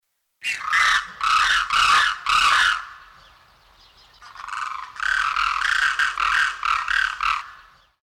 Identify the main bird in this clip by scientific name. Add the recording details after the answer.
Grus virgo. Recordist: Tembrock, Günter. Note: Duett eines Paares